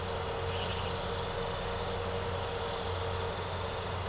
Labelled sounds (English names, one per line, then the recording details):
none
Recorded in secondary vegetation near Puerto Asís, Putumayo, Colombia, on 4 March 2025 at 01:30
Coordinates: 0.468, -76.324
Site G059